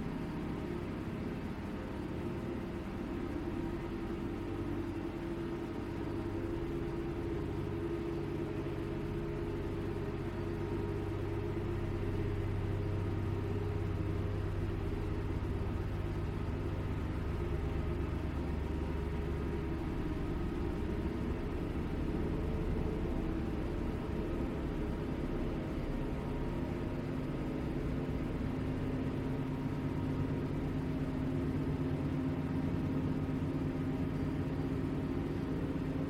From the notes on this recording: Hyperspace sleep chamber, where the sound of a clock and synthetic white noise reminiscent of crickets are always present